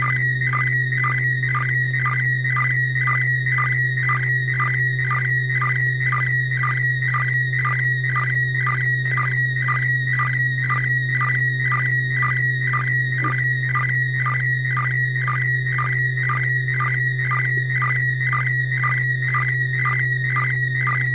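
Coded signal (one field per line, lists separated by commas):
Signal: SSTV (slow-scan television)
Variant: PD120 mode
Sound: warbling high tone scanning steadily, short low sync chirps twice a second, throughout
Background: steady low hum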